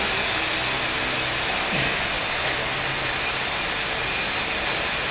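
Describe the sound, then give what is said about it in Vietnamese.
A loud, steady roar of an airplane flying by, with a low engine drone that dips in pitch partway through. No one speaks over the continuous wash of noise. “hôm nay chúng ta bị trở ngại nhiều quá, ồn ào do cái tiếng máy bay, rồi do trang âm nữa.”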